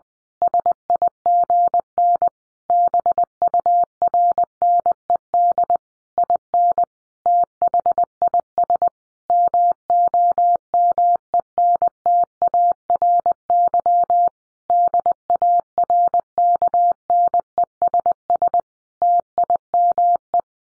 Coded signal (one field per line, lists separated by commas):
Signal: Morse code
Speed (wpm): 20 wpm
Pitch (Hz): 700 Hz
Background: none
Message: SIGN BURNED IN THIS MOMENTARY DARKNESS TIME